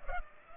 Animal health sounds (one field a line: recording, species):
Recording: mosquito wingbeat signal from an infrared sensor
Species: Culex pipiens